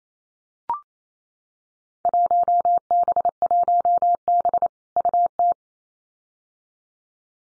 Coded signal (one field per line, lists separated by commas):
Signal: Morse code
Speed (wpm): 28 wpm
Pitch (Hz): 700 Hz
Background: none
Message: 1B1B UT